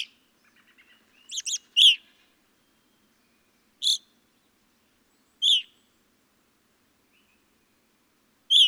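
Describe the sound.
Evening grosbeak call notes: a quick cluster of chirps, then single loud ringing calls spaced a few seconds apart.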